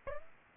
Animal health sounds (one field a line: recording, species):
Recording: mosquito wingbeat signal from an infrared sensor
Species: Aedes aegypti